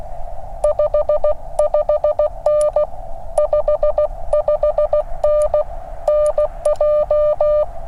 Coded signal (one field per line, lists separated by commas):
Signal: Morse code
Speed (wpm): 16 wpm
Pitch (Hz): 590 Hz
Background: none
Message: 55N 55N NJ